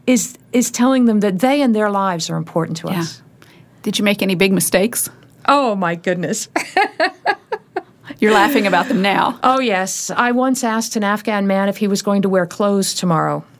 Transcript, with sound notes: That’s telling them they and their lives are important to us.
Did you make any big mistakes?
Oh, my goodness! (laughs)
You’re laughing about them now.
Oh, yes. I once asked an Afghan man if he was “going to wear clothes tomorrow.”